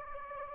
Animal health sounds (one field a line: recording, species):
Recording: mosquito wingbeat signal from an infrared sensor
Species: Anopheles gambiae